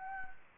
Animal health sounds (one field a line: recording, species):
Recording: mosquito wingbeat signal from an infrared sensor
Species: Anopheles arabiensis